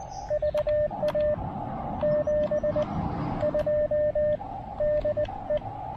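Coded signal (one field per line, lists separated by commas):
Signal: Morse code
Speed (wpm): 14 wpm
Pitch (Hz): 590 Hz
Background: radio noise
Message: VA 72 DE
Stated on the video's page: Park activation with an Elecraft KX2 into a 9:1 random wire antenna, partly on 20 meters.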